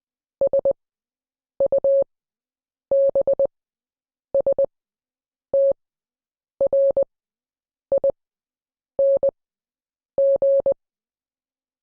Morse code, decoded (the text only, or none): SUBSTRING